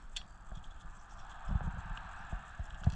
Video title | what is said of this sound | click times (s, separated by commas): Replacing Windshield Wipers - Zak of all trades page | anyway here comes that click let's listen | 0.2 s